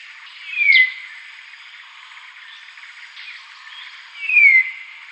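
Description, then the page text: Dark-throated oriole giving two high, thin, downward-slurred calls about four seconds apart over a steady hiss. "Dark-Throated Oriole Calls, Quick Sounds"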